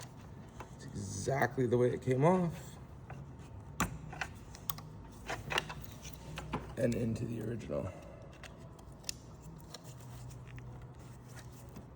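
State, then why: Not seated. During a catch can installation on a 2020-2023 Jeep Gladiator/Wrangler EcoDiesel, someone talks while handling the relocated sensor's plastic wiring connector, lining it up to push into the original harness plug until its locking tab engages. Short sharp taps and plastic handling noises are heard, loudest around 3.8, 4.7 and 9.1 s. Nothing has seated or clicked yet.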